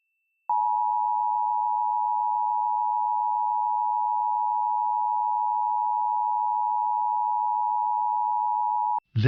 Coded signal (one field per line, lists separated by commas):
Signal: Emergency Alert System (SAME) tones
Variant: 853 and 960 Hz attention tone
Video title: National EAS Test in KSNW